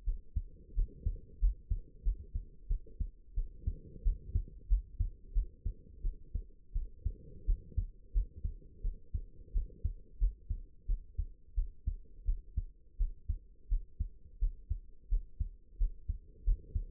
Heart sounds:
heart sounds by stethoscope; 88 bpm
0.05 s: heartbeat
0.75 s: heartbeat
1.40 s: heartbeat
2.04 s: heartbeat
2.68 s: heartbeat
3.35 s: heartbeat
4.04 s: heartbeat
4.68 s: heartbeat
5.34 s: heartbeat
6.02 s: heartbeat
6.74 s: heartbeat
7.46 s: heartbeat
8.13 s: heartbeat
8.82 s: heartbeat
9.53 s: heartbeat
10.19 s: heartbeat
10.87 s: heartbeat
11.55 s: heartbeat
12.26 s: heartbeat
12.98 s: heartbeat
13.69 s: heartbeat
14.40 s: heartbeat
15.10 s: heartbeat
15.79 s: heartbeat
16.45 s: heartbeat
From the record:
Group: healthy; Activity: rest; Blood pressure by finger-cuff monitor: 93/51 mmHg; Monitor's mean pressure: 68 mmHg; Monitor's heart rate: 87 bpm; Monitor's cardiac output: 8.9 L/min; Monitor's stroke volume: 100 mL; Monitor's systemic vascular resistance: 570 dyn s/cm5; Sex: female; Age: 22 years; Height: 161 cm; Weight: 65.5 kg

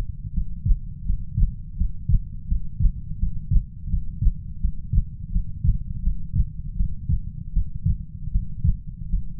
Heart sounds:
heart sounds by stethoscope; 82 bpm
0.34 s: heartbeat
1.06 s: heartbeat
1.77 s: heartbeat
2.48 s: heartbeat
3.19 s: heartbeat
3.90 s: heartbeat
4.61 s: heartbeat
5.32 s: heartbeat
6.03 s: heartbeat
6.76 s: heartbeat
7.53 s: heartbeat
8.31 s: heartbeat
9.10 s: heartbeat
From the record:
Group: healthy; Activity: breath hold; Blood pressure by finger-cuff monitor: 93/52 mmHg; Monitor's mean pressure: 65 mmHg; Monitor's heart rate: 84 bpm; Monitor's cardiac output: 7.9 L/min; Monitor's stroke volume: 93 mL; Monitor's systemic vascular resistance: 590 dyn s/cm5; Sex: female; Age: 19 years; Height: 163 cm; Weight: 48.9 kg

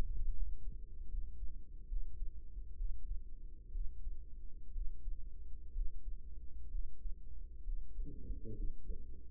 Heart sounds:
heart sounds by microphone in the right ear; 66 bpm
0.33 s: heartbeat
1.07 s: heartbeat
1.86 s: heartbeat
2.75 s: heartbeat
3.71 s: heartbeat
4.71 s: heartbeat
5.71 s: heartbeat
6.69 s: heartbeat
7.62 s: heartbeat
8.53 s: heartbeat
From the record:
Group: healthy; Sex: male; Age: 35 years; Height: 178 cm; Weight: 64 kg

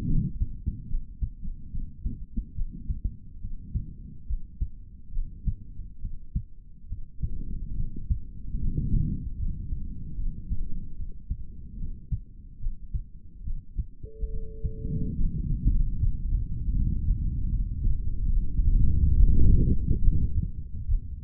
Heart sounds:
heart sounds by stethoscope; 72 bpm
0.06 s: heartbeat
0.88 s: heartbeat
1.71 s: heartbeat
2.55 s: heartbeat
3.40 s: heartbeat
4.27 s: heartbeat
5.12 s: heartbeat
6.00 s: heartbeat
6.87 s: heartbeat
7.75 s: heartbeat
8.59 s: heartbeat
9.38 s: heartbeat
10.16 s: heartbeat
10.95 s: heartbeat
11.77 s: heartbeat
12.60 s: heartbeat
13.43 s: heartbeat
14.29 s: heartbeat
15.16 s: heartbeat
15.98 s: heartbeat
16.75 s: heartbeat
17.51 s: heartbeat
18.30 s: heartbeat
19.16 s: heartbeat
20.00 s: heartbeat
20.87 s: heartbeat
From the record:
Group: healthy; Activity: rest 0-14 s, Valsalva maneuver 14-21 s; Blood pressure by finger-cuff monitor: 75/49 mmHg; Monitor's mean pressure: 58 mmHg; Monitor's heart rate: 71 bpm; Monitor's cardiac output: 3.9 L/min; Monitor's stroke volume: 55 mL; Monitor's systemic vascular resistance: 1030 dyn s/cm5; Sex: male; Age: 55 years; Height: 167 cm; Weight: 57.2 kg

